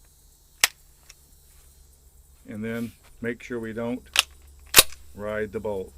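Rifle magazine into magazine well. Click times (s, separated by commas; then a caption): 0.6 s. A magazine is inserted into the magazine well of a Savage Arms A22 .22 WMR Magnum semi-auto rifle with the bolt locked back, and it seats with a sharp click at 0.6 s. A fainter tick follows at 1.1 s, then someone talks, and another sharp click comes at 4.8 s.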